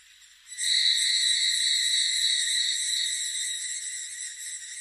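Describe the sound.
Cicada call: a continuous, high, buzzing drone starting abruptly after a brief pause and holding steady, slowly fading slightly toward the end.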